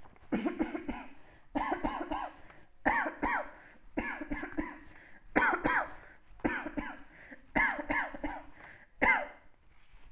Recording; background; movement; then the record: voluntary coughing; quiet; sitting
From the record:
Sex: female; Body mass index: 36.4 kg/m2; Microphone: on the chest, facing outward